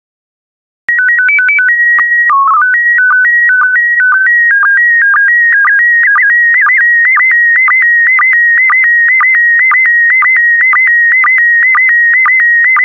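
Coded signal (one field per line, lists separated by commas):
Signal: SSTV (slow-scan television)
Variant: PD 120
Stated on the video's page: SSTV image transmission in PD120 mode, daily practice images for decoding.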